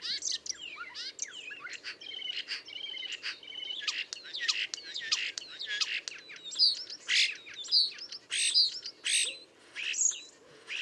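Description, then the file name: Common starling song, a rambling mix of slurred whistles, rapid clicking rattles and sharp squeaks, growing louder toward the end. "Storno"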